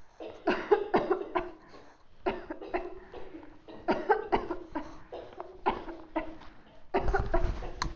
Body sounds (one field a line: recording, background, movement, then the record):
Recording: voluntary coughing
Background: a bystander coughing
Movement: sitting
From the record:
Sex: female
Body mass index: 18.8 kg/m2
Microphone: on the chest, facing outward